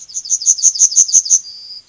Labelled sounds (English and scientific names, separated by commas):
Yellowhammer (Emberiza citrinella) song